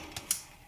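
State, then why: Seated. A plastic cockpit is rotated on the hull of a small toy starfighter, a B-wing, until it reaches its built-in stops. Two small clicks are heard, a softer one at 0.2 s and a sharper, louder one at 0.3 s. The cockpit locks into place.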